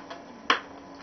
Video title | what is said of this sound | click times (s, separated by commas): Mounting a FrSky Module into a Turnigy 9x tx | get in place and should clicking nicely you'll notice though | 0.5 s